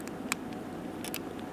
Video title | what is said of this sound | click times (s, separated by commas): PS3 controller teardown | click. Now that's free now. | 0.3 s